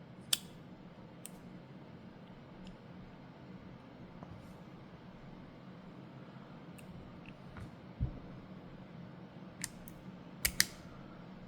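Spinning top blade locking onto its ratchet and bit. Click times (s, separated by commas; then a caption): 0.3 s, 10.5 s, 10.6 s. The plastic blade of a spinning-top toy is twisted onto its ratchet and bit so they lock together. Sharp plastic clicks sound at 0.3, 10.5 and 10.6 seconds, with a few fainter ticks between them, and the parts seat. The clicks are quieter than expected, so they come across as somewhat disappointing.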